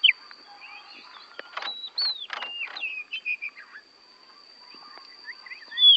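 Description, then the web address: Oriental magpie-robin giving a few drawn-out whistles and short notes among clicks and rustling, with a steady high tone throughout and a sharp note at the end. Borneo; recording made for training songbirds (masteran). "kacer borneo. masteran kacer"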